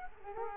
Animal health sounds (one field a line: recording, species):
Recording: mosquito wingbeat signal from an infrared sensor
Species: Culex quinquefasciatus